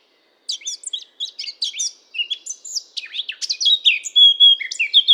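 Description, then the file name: Eurasian blackcap song: a fast, scratchy warbling chatter of high notes that turns into clearer, fluty whistled phrases near the end, with no other sounds. "Sylvia atricapilla"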